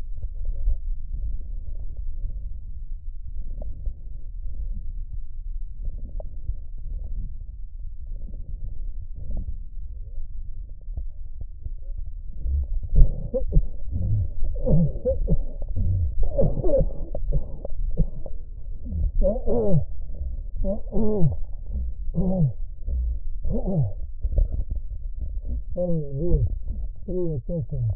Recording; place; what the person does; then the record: lung sounds by stethoscope; right posterior basal chest; quiet breathing, then cough and speech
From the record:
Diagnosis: COPD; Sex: male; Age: 75 years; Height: 182 cm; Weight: 98 kg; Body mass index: 29.6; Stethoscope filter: extended mode